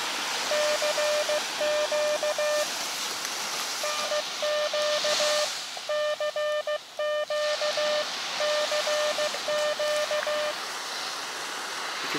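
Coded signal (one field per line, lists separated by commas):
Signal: Morse code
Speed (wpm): 16 wpm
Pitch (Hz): 600 Hz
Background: none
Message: CQ EEQ CQ CQ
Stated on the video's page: QRP CW contacts from a beach in a park using an Elecraft KX2 with an end-fed antenna.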